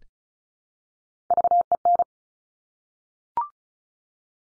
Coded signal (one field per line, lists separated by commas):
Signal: Morse code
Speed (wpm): 36 wpm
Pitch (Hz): 700 Hz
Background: none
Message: VEN